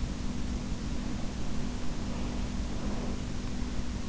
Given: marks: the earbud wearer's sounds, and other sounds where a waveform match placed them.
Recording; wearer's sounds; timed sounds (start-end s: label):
sounds in sleep by an in-ear microphone; breath
1.18-3.50 s: breath